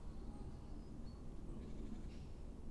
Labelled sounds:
Great Tit (Parus major)
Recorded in Germany
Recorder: ecoPi

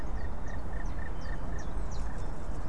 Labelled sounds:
Common Chiffchaff (Phylloscopus collybita)
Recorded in Germany
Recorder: ecoPi

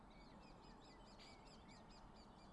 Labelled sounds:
Great Spotted Woodpecker (Dendrocopos major)
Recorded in Germany
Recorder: ecoPi

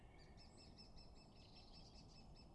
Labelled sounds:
Great Tit (Parus major)
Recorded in Germany
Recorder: ecoPi

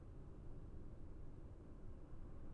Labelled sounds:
none
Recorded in Germany
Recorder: ecoPi

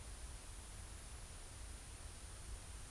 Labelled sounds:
Eurasian Blue Tit (Cyanistes caeruleus)
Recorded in Germany
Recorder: ecoPi

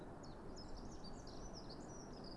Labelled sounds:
Common Chiffchaff (Phylloscopus collybita)
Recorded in Germany
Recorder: ecoPi

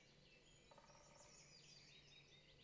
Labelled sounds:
Great Spotted Woodpecker (Dendrocopos major)
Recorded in Germany
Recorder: ecoPi

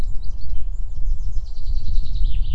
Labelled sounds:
Common Chaffinch (Fringilla coelebs)
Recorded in Germany
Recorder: ecoPi

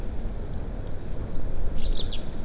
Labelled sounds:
Song Thrush (Turdus philomelos)
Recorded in Germany
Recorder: ecoPi

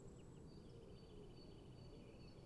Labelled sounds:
Great Tit (Parus major)
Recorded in Germany
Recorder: ecoPi

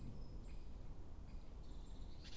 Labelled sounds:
Great Spotted Woodpecker (Dendrocopos major)
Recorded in Germany
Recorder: ecoPi

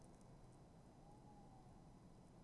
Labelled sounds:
Tawny Owl (Strix aluco)
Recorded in Germany
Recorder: ecoPi

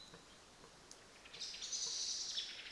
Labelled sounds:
Common Blackbird (Turdus merula)
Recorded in Germany
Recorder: ecoPi

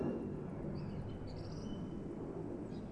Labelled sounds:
Song Thrush (Turdus philomelos)
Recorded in Germany
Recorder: ecoPi

